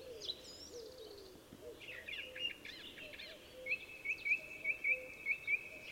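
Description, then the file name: Common chaffinch calls: a short clear note repeated several times in the latter half, over other chirping birds and lower warbling notes. "Fringilla coelebs"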